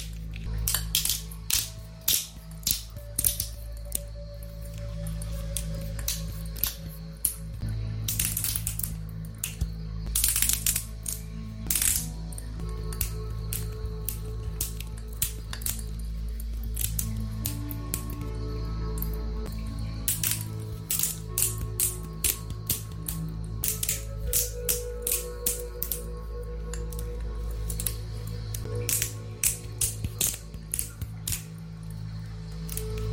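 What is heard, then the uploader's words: A glowstick is bent and snapped, giving off a steady run of sharp cracks and brittle crunches, sometimes in dense bursts and sometimes spaced out. A low steady hum sits underneath throughout. ASMR Glowstick Breaking.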